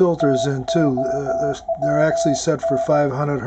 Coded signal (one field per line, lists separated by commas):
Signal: Morse code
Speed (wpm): 17 wpm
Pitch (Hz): 670 Hz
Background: speech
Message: TOWN